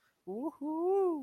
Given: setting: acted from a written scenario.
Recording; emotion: vocal sound without words; triumph